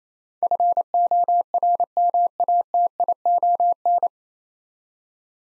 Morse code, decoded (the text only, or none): FORMATION